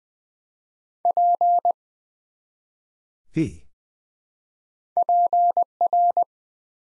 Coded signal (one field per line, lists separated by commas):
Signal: Morse code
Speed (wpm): 20 wpm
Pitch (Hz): 700 Hz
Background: none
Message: P PR